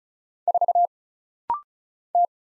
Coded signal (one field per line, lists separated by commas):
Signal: Morse code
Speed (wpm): 36 wpm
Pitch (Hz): 700 Hz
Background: none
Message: 4 T